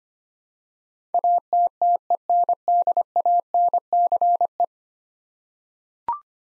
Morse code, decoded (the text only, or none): ATTENDANCE